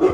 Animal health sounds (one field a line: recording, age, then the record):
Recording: pig call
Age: growing-finishing pig (85 days or more)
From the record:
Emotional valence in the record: positive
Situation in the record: run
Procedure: transit